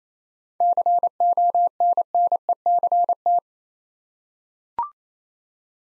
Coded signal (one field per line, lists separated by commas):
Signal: Morse code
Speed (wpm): 28 wpm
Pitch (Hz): 700 Hz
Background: none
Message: CONNECT